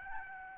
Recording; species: mosquito wingbeat signal from an infrared sensor; Aedes albopictus